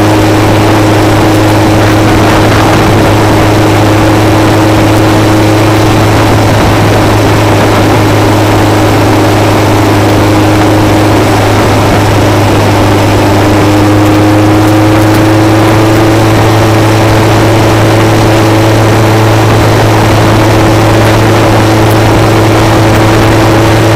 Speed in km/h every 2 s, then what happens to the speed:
95, 95, 95, 95, 93, 93, 95, 98, 98, 97, 98, 100.
0-11 steady at about 95. 11-24 speeds up to 100.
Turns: none.